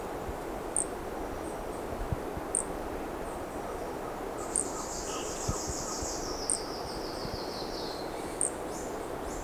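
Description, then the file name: Brachycephalus toadlet calling with five short, high, chirped notes spaced about two seconds apart, with a longer buzzy insect trill in the middle and steady background hiss. Undetermined Brachycephalus species, individual 1, recorded at Corcovado; the first two notes of the call are missing. "MHNCI Brachycephalus sp ind 1 Corcovado two starting notes lost"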